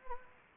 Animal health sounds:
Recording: mosquito wingbeat signal from an infrared sensor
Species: Anopheles gambiae

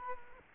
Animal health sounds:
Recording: mosquito wingbeat signal from an infrared sensor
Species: Culex quinquefasciatus

